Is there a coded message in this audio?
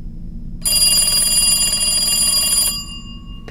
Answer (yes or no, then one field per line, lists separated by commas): no